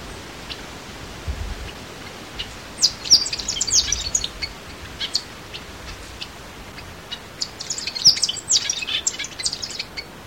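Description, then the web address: Tanager song in two bursts of quick, high chirping notes a few seconds apart, over steady background hiss. "cantos tangaceles"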